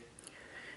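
Two short, crisp plastic snaps stand well above a steady room hiss at 0.2 and 0.3 seconds. They sound like a small connector's tabs letting go as the plug separates from its socket.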